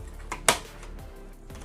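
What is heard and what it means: Plastic body clips on the chassis of a WPL C44KM RC truck kit build are pressed home to help hold the body in place. A faint tap at 0.3 s is followed by a sharp, bright plastic click at 0.5 s as the clips pop into place. The clips are confirmed seated.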